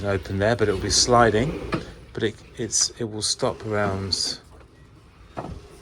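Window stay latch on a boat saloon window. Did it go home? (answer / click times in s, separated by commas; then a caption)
no / none. A saloon window on a Fountaine Pajot Isla 40 catamaran is slid open while someone talks, with faint sliding and handling sounds under the speech. The window's stay latch has not yet locked; nothing has seated or clicked by the end of the clip.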